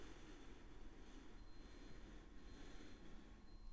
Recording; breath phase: one breath near a microphone; inhalation